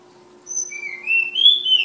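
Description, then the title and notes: Flowerpecker song: a high thin whistle then a long whistled phrase rising in steps to a wavering peak, over a steady low hum. Tledekan (Sulingan) from Kudus. "Tledekan/Sulingan ABABIL. Suara Burung Tledekan Ababil dari Kudus"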